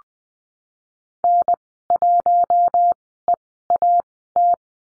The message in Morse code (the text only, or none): N1EAT